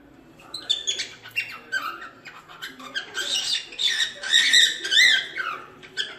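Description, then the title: Cockatiels give dense, excited chatter of squeaky chirps and twittering notes, louder and busier in the second half, with a few sharp whistled slurs. Several cockatiels whistling. "Calopsitas Cantando Assobio"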